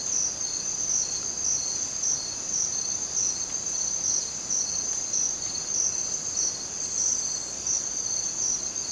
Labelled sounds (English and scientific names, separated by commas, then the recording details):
none
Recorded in dense forest near Puerto Asís, Putumayo, Colombia, on 27 June 2025 at 03:30
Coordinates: 0.484, -76.317
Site G045